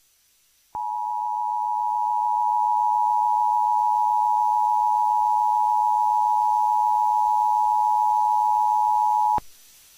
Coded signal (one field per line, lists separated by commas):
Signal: Emergency Alert System (SAME) tones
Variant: 853 and 960 Hz attention tone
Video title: EAS- Sacramento Valley Required Monthly Test (RMT) on KFBK-AM (5/1/23)